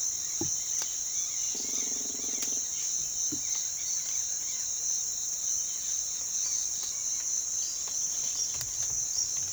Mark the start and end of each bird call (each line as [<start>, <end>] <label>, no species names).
[0.00, 4.73] bird call
[7.53, 9.51] bird call